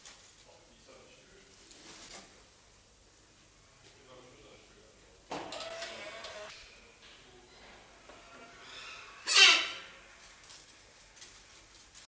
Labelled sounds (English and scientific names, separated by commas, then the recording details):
Silvery-cheeked Hornbill (Bycanistes brevis)
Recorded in captivity
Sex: female
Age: adult
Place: Zoo Berlin, Berlin, DE
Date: 2008-09-14 15:00
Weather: bedeckt, ca. 14°C
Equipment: Sony WM-D6C, Sennheiser ME 80, Kopie Uher 4000 Report Monitor
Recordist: Tembrock, Günter